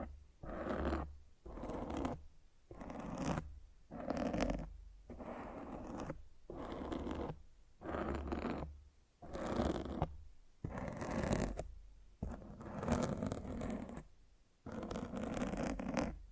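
Microphone scratching comes in about a dozen rough, rasping strokes, each a second or so long, separated by brief silences, with low thumps underneath.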